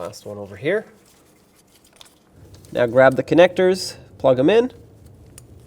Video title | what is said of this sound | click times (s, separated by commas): How to Replace Front Wheel Bearing Hub Assemblies 2008-2020 Dodge Grand Caravan | there we go I heard a click you also want to lock it down | 5.4 s